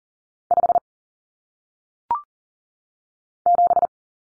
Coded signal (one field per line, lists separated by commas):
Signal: Morse code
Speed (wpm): 40 wpm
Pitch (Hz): 700 Hz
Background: none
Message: 5 7